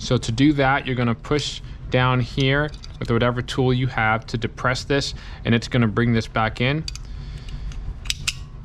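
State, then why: Seated. Someone talks while pressing down on the spring retainer of a Springfield Hellcat pistol magazine with a tool and turning the plastic base plate 45° so it slides fully onto the magazine body rails. After the talking, faint handling sounds lead to sharp clicks at 8.1 s and 8.3 s as the base plate seats home on the magazine body.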